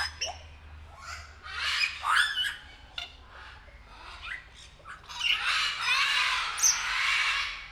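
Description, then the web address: Grey parrot squawks: harsh, broad, rasping calls in bursts, building into a long continuous screeching stretch near the end. Captive grey parrot at Nyíregyháza Zoo, 2019. "allathangok nyiregyhazizoo 2019 professzionalis jako papagaj hosszabban nyiregyhaza"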